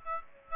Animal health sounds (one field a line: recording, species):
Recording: mosquito wingbeat signal from an infrared sensor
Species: Aedes aegypti